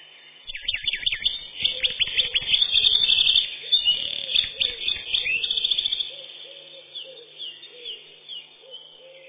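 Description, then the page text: Eurasian wren song: a string of loud, rapid, rattling high phrases over several seconds, then quieter notes alongside a lower, repeated warbling tone. "Крапивник, или подкоренник, орешек (лат. Troglodytes troglodytes)"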